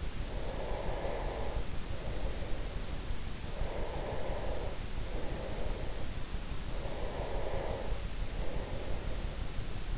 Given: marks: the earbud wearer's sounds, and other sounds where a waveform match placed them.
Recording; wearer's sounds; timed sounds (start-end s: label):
sounds in sleep by an in-ear microphone; breath
0.00-2.95 s: breath
3.53-6.34 s: breath
6.52-9.63 s: breath